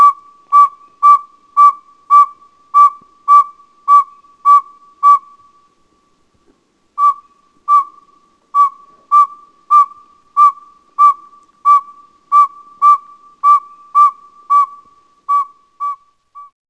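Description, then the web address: Northern saw-whet owl giving steady, mellow whistled toots on one pitch, about two per second, with a brief pause midway before the series resumes. "Peterson North American Birds. nsow"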